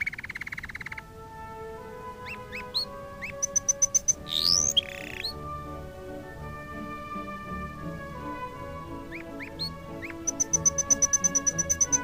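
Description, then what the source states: Canary song: a brief buzzy trill, then sparse high chirps and clear repeated piping notes, with steady instrumental music playing underneath throughout. Canary song mixed with music.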